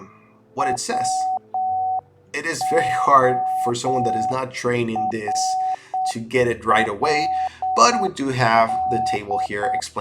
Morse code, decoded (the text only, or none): WORLD